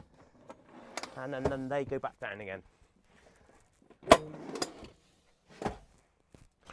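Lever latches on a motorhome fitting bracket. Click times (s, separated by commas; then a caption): 0.5 s, 1.0 s. In a motorhome, a fitting is put back by pulling up and pressing in two small levers on the end of a bracket, and the lever latches click into place at 0.5 s and 1.0 s. Someone talks, and a sharp knock follows at about 4.1 s. The levers are seated.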